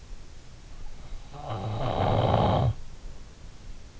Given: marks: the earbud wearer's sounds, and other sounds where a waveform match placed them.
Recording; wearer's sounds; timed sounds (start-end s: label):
sounds in sleep by an in-ear microphone; snoring breath
0.78-3.18 s: snoring breath